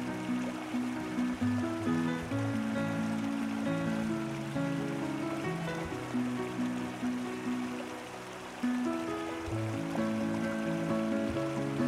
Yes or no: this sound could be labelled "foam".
no